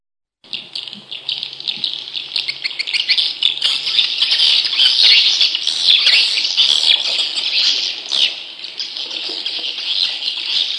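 Leafbird song, a dense high chatter of rapid squeaky and buzzy notes, almost unbroken for about ten seconds, with faint low sounds early on.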